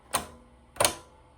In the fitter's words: There was two clicks. Three clicks. I came down and I made sure that there was three clips.